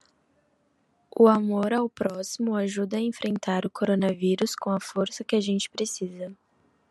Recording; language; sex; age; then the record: spoken sentence; Brazilian Portuguese; female; 20 to 29 years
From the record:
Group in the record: control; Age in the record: 20 years